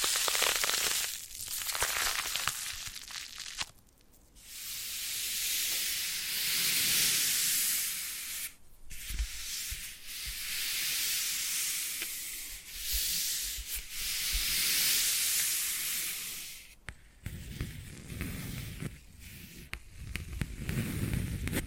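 Foam massage: long, hissing strokes of foam rubbed and squished, each pass lasting a few seconds with short breaks near 4, 9 and 17 seconds. The scrubbing is bright and dense, and after about 17 seconds it turns softer, with low muffled thumps.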